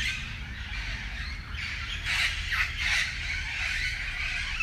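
Parakeets squawking: harsh, grating calls in quick bursts, with a steady low rumble underneath.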